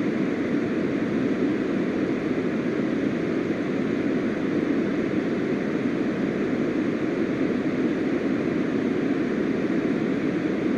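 Uninterrupted pink noise: a steady, even hiss with a deep, rumbling weight in the lows and mids and a softer, thinner sheen on top. Loudness holds perfectly level throughout, with no events or breaks, much like a distant engine drone.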